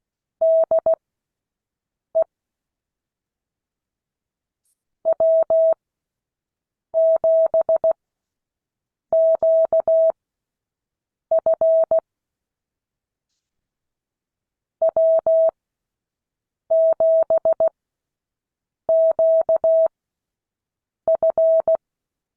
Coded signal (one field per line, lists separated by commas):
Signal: Morse code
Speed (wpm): 16 wpm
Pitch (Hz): 650 Hz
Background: none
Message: DE W7QF W7QF